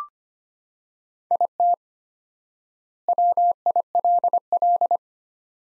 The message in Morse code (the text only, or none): IT WILL